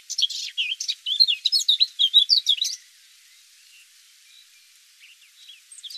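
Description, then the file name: Eurasian blackcap song, a quick scratchy then clearer warbling phrase of jumbled high notes lasting under three seconds, followed by near silence with a few faint notes. "Sylvia atricapilla"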